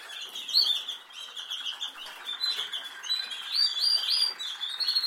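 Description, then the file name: Canary song, a continuous high buzzy warble with rapid trills and brief sharp whistled accents throughout. "Canary Voice"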